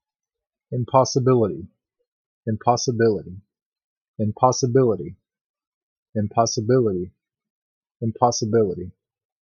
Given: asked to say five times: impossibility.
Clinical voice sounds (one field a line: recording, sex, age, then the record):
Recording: repeated word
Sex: male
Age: 30 to 39 years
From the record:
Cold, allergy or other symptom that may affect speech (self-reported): no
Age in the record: 34 years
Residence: Georgia, United States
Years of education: 14